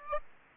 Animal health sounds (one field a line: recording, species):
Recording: mosquito wingbeat signal from an infrared sensor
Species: Aedes aegypti